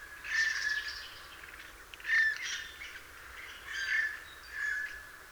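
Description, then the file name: Eurasian jay uttering hoarse, grating calls, four or five rough bursts of varying loudness at irregular intervals against soft background hiss. "Garrulus glandarius"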